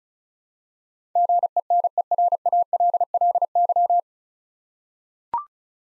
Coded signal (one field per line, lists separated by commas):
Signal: Morse code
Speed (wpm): 36 wpm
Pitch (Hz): 700 Hz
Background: none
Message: GENERALLY